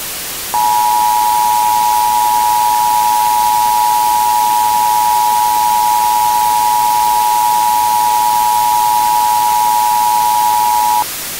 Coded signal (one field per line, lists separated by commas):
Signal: Emergency Alert System (SAME) tones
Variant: 853 and 960 Hz attention tone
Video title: EAS Scenario – COVID-21